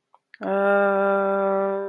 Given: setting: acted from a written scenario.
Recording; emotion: vocal sound without words; guilt